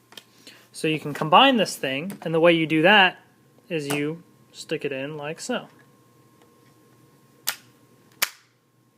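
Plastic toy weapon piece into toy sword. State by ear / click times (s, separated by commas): seated / 7.5 s, 8.2 s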